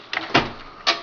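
A graphics card is slid carefully into a motherboard PCIe slot, with brief scraping sounds around 0.1–0.2 s. The slot latch gives a small snap at 0.4 s, and the card is securely seated. Another short sound follows near 0.9 s.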